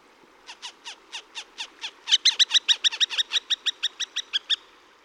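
Northern harrier chattering call: a rapid series of sharp, harsh kek notes, gaining in loudness midway, then stopping abruptly.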